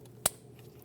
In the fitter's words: Push until you hear a click.